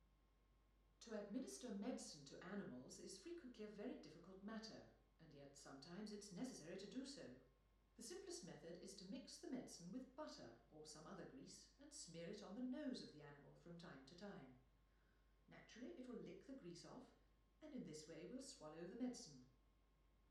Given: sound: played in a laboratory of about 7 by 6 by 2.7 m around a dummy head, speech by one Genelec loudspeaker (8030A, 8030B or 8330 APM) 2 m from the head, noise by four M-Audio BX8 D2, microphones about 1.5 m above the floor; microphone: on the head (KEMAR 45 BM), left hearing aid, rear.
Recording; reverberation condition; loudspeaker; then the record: female speech in English; medium; 150 degrees to the right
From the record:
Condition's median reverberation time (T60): about 510 ms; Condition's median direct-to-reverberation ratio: about -0.5 dB